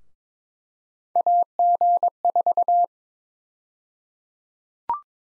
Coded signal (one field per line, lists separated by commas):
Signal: Morse code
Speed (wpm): 22 wpm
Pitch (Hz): 700 Hz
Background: none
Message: AG4